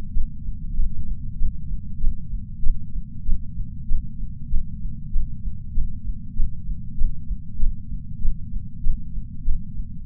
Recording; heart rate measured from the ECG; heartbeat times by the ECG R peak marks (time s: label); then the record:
heart sounds by patch sensor on the chest; 97 bpm
0.10 s: heartbeat
0.72 s: heartbeat
1.35 s: heartbeat
1.97 s: heartbeat
2.60 s: heartbeat
3.22 s: heartbeat
3.84 s: heartbeat
4.47 s: heartbeat
5.09 s: heartbeat
5.71 s: heartbeat
6.33 s: heartbeat
6.94 s: heartbeat
7.56 s: heartbeat
8.18 s: heartbeat
8.80 s: heartbeat
9.41 s: heartbeat
10.03 s: heartbeat
From the record:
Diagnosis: coronary artery disease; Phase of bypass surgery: preoperative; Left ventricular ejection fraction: 60.9%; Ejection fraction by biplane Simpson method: 52.5%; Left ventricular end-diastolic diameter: 49 mm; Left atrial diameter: 38 mm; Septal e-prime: 4.5 cm/s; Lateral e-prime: 5.9 cm/s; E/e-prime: 13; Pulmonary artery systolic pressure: 21 mmHg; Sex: female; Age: 74 years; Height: 160 cm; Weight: 64 kg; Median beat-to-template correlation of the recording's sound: 0.92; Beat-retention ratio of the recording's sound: 0.97